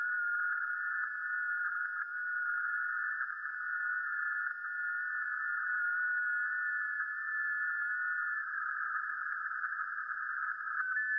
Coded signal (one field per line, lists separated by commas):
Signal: FT8